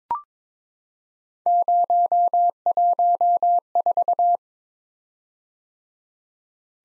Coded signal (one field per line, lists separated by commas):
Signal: Morse code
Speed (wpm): 23 wpm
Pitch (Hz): 700 Hz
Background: none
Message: 014